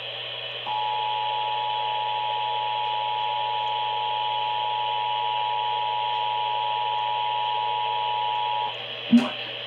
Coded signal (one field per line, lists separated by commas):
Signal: Emergency Alert System (SAME) tones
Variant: 853 and 960 Hz attention tone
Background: speech